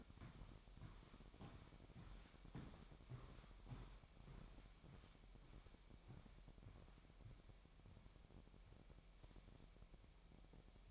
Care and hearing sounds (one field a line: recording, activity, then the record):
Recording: daily activity, microphone in the room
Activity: walk to room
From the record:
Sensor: 1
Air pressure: 1012.3 hPa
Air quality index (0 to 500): 199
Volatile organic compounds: 4 ppm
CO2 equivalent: 1595 ppm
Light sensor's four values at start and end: 76/181/77/81 and 79/189/80/85